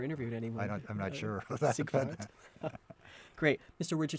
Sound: laughs

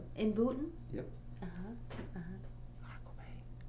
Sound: whispers

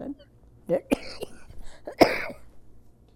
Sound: coughs

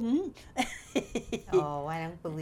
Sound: laughs

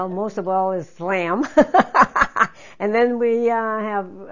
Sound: laughs

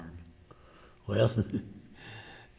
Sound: laughs

